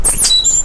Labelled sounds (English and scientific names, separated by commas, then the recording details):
Stitchbird (Notiomystis cincta) song
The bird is a male
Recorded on Tiritiri Matangi Island, New Zealand, in 2005
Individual 1, of nest box 1